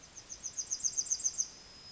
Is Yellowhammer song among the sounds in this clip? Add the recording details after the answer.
yes. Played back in forest. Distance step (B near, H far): E. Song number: 012